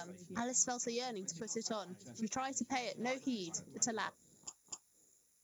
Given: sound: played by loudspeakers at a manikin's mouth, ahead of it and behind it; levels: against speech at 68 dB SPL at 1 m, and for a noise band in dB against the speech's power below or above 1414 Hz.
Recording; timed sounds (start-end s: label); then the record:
test signals for a remote microphone
0.00-4.09 s: woman speaking, babble ahead at +6 dB SNR for speech at 1 m
4.46 s: click
4.71 s: click
From the record:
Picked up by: remote microphone A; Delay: 47 ms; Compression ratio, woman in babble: 7.77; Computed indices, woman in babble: HASPI 0.969, HASQI 0.340 (non-linear 0.394, linear 0.863), ESTOI 0.759